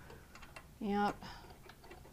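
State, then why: Not seated. A metal bobbin case is handled at the rotary hook of a longarm quilting machine, with the latch held down, to be pushed back in so it clicks and is secure before stitching. Someone talks over a few faint handling ticks near 0.4, 0.6 and 1.7 seconds. Nothing has seated or clicked yet.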